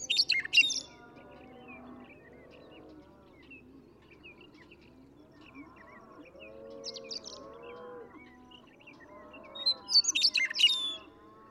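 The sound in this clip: Western meadowlark song: two loud, brief bursts of sharp, tumbling high notes at the start and near the end, over a steady background of lower, warbling sounds.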